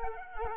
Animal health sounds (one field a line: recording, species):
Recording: mosquito wingbeat signal from an infrared sensor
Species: Culex quinquefasciatus